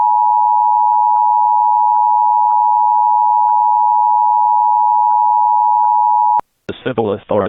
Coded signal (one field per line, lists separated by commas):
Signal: Emergency Alert System (SAME) tones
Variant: 853 and 960 Hz attention tone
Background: speech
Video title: EAS | Child Abduction Emergency for Missing 11 Month Old Baby in Texas